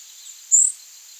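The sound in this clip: Green-tailed towhee call: one thin, very high, slightly rising note lasting about a fifth of a second, over a faint steady high hiss.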